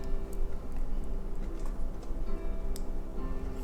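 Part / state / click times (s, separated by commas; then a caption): silicone watch band into smartwatch band slot / not seated / none. A silicone band is being slid into the band slot of an Apple Watch Series 8 case over steady background music, with a couple of faint ticks near 0.3 s and 2.8 s. The band has not snapped into place or locked yet; nothing has seated or clicked.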